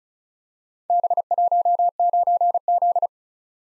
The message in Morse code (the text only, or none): B19Z